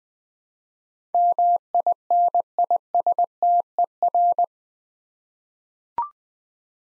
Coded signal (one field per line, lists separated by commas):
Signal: Morse code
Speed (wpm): 20 wpm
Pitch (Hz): 700 Hz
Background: none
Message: MINISTER